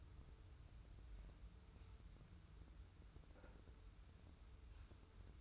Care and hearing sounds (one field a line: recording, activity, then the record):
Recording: daily activity, microphone in the room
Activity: wipe stove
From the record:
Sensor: 2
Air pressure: 990.3 hPa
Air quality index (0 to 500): 193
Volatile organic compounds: 1000 ppm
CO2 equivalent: 6162 ppm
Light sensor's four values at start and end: 33/78/32/32 and 33/78/32/32